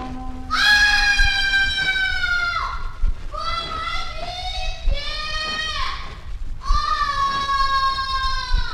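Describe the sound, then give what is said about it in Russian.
A person screams for help from a forest thicket in four loud, high-pitched, wavering cries, each sliding downward in pitch, with short gaps between them and no other voices. “Хосе сразу понял, что стряслась беда. Он бросился на крик и в ужасе замер.”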